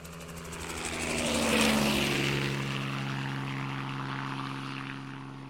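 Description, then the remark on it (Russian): A propeller aircraft's engine roar swells quickly to a peak as it sweeps over a village, then holds as a steady, droning hum with low throbbing tones and a broad hiss. No voices. “Наблюдая, как по двору носятся готовящиеся к отъезду связисты, Манштейн уже хотел закрыть окно, когда услышал странный, быстро нарастающий звук.”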